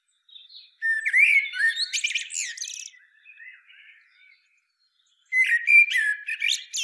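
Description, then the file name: Common blackbird song: a low warbled phrase rising into a squeaky high twitter, a quiet pause, then a second phrase starting near the end. "Turdus merula"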